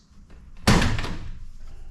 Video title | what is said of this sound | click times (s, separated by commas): Tesla Cybertruck Tonneau Cover Waterproof Seal Upgrade | uh lift up from the back side here uh until you hear it kind of snap off of the the guides | 0.7 s